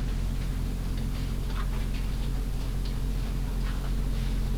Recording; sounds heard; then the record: poultry house recording; sick chickens (respiratory disease)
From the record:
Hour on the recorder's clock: 21